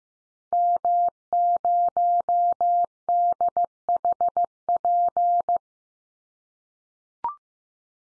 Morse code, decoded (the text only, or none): M0DHP